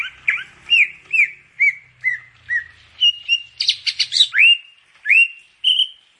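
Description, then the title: Grey-cheeked Bulbul song: a string of short slurred whistles, rising and falling, broken by a brief burst of buzzy chattering notes midway, with a faint low hum early on. "Kicau Burung Cucak Jenggot"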